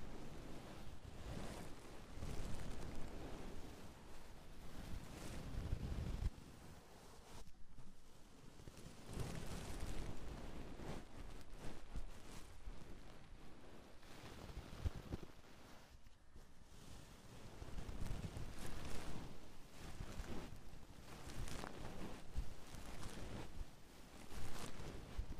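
ASMR ear massage with a brush, cream and a sponge, heard as dense, whooshing rubbing right against the microphone. The scratchy swishing surges and fades in waves, with brief quieter pauses around 7 and 16 seconds before the strokes resume.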